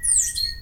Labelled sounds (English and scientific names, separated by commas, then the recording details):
Stitchbird (Notiomystis cincta) song
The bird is a male
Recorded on Tiritiri Matangi Island, New Zealand, in 2005
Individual 22, of nest box 31